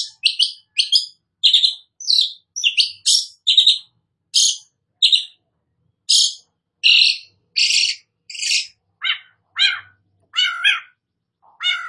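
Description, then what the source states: Long-tailed shrike singing a fast, continuous stream of scratchy, buzzy notes that shift to lower, descending whistled phrases near the end. Described as gacor, singing actively.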